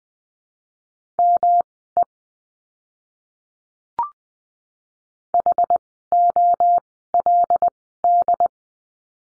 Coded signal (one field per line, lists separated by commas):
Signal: Morse code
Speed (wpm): 20 wpm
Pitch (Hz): 700 Hz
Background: none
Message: ME HOLD